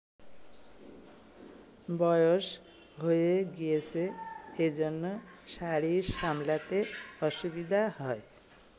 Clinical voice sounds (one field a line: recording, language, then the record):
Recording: elicited speech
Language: Bengali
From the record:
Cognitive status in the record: dementia